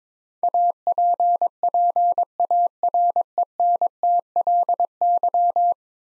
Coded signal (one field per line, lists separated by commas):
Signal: Morse code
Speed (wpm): 22 wpm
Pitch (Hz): 700 Hz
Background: none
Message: APPARENTLY